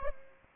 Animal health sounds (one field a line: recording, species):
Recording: mosquito wingbeat signal from an infrared sensor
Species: Aedes aegypti